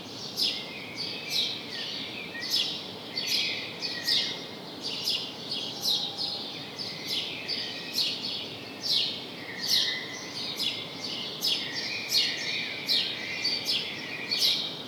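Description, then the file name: House sparrow chirps in a long persistent series of sharp notes, a little faster than one a second. "Passer domesticus"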